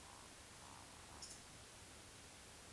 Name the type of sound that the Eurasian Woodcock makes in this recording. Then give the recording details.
whistle, croak. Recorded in Baden-Württemberg, Germany, on 19 June 2020 at 19:47 UTC. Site 49006, 684 m above sea level